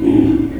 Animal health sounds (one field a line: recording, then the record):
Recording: squeal of a Yucatan mini pig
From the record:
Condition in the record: before surgery on the right vocal fold (resection and tissue-engineered implant)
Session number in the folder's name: 2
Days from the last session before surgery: -15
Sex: female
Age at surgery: 19 weeks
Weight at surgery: 25 kg